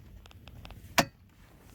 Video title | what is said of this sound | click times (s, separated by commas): 🛠️ EASY DIY: How to Change Your Cabin Air Filter in a Honda Accord (Step-by-Step Guide!) | You can hear it click right in there. | 1.0 s